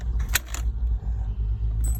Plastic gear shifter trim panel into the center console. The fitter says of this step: ไทยนะครับหัวขวาไปและกดให้เข้าล็อคนะครับ4มุมเหมือนเดิมนะครับแล้ว